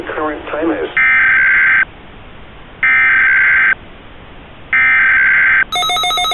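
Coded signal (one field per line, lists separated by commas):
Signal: Emergency Alert System (SAME) tones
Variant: header bursts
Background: speech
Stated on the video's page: Valid EAS tones in a fictional Kaiju Required Monthly Test mock, recreated with a weather radio station ID and a Midland WR400 advisory tone.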